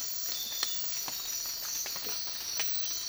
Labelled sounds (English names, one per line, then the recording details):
none
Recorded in dense forest near Puerto Asís, Putumayo, Colombia, on 19 March 2025 at 04:30
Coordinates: 0.503, -76.323
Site GP09